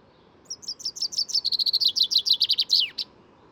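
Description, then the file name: Common chaffinch song: a rapid, high trill of repeated notes starting around half a second, descending in steps, speeding up, then ending in a sharp downslurred flourish near three seconds. "Fringilla coelebs"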